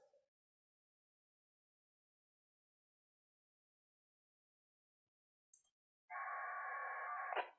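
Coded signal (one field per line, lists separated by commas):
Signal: packet radio (AX.25, as in APRS)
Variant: CubeSatSim telemetry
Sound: silence, a faint click, then one raspy warbling data burst lasting about a second and a half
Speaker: Okay, and now we should hear the APRS.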